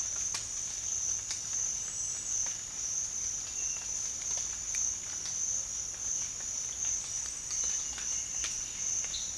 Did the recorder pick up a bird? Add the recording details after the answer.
no. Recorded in dense forest near Puerto Asís, Putumayo, Colombia, on 8 March 2025 at 07:00. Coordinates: 0.484, -76.317. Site G064